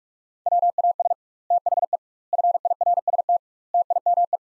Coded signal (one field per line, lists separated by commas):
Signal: Morse code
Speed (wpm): 43 wpm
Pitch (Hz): 700 Hz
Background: none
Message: WAS THE FIRST TIME